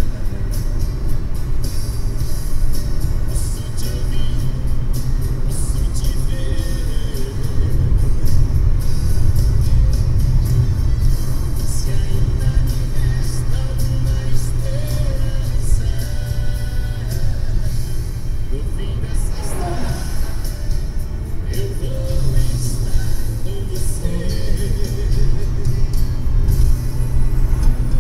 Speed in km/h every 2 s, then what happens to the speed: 81, 82, 85, 87, 87, 86, 84, 80, 77, 75, 75, 78, 82, 84.
0-8 speeds up to 87. 8-20 slows to 75. 20-28 speeds up to 84.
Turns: none.